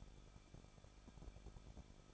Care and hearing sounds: daily activity, microphone in the room; no activity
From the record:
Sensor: 5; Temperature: 20.9 degrees Celsius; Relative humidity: 38.2%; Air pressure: 1006.4 hPa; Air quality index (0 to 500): 189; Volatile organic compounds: 19 ppm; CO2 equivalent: 2663 ppm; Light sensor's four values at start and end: 2/3/1/1 and 2/3/1/1

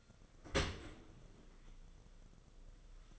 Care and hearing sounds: daily activity, microphone in the room; open dishwasher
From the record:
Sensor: 4

